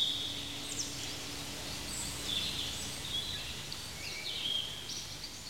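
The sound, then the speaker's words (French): Birds chirp and sing in gentle countryside with grass underfoot, with short, high-pitched calls scattered irregularly over a soft, steady background hiss. No one speaks. “Alain Corbin, nous nous trouvons maintenant au milieu d'une douce campagne. Il y a des oiseaux, il y a sous nos pieds de l'herbe, la fraîcheur de l'herbe”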